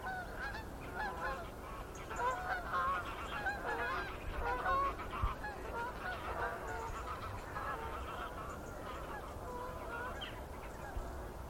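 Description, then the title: Goose: geese giving a continuous chorus of overlapping honks, a busy-sounding flock with low background rumble throughout. Geese in gaggles in fields and flooded meadows by the River Thame, England, UK, morning of 23 September 2023, excited by water across the meadows. "Gaggles of geese, River Thame, England, UK on 23rd September 2023 – by Paul Ridout"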